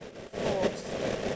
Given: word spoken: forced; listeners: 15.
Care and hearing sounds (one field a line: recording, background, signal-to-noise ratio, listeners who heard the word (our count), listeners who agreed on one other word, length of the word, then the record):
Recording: one English word in noise, from a listening test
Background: noise modulated by three-talker babble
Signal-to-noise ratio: -6.5 dB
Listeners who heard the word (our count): 2 of 15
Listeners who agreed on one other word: 9 of 15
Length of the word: 0.96 s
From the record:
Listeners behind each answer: 9, 2, 1, 1, 1, 1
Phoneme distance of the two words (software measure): 7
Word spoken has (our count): 1 syllable, 4 phonemes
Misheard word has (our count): 1 syllable, 3 phonemes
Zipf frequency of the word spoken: 4.64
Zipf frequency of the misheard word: 4.96